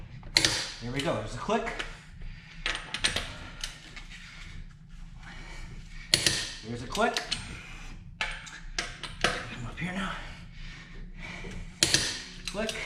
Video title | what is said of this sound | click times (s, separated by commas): How to Change a Tire (Tesla Model 3 example) | so go ahead and give it a good tight in here till it clicks | 0.4 s, 6.1 s